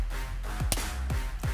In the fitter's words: and that lets you know it's locked into place and it is locked it is some good Force to just put it back